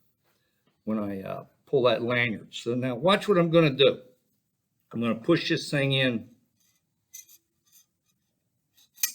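Someone talks while pushing a ball and plunger into a lab spring projectile launcher. After a few faint metallic ticks, a sharp click at 9.0 s marks the spring catch engaging its first position, leaving the launcher partly cocked.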